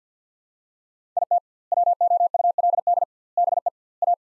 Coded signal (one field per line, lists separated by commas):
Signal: Morse code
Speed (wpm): 50 wpm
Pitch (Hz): 700 Hz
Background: none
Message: IT WOULD BE A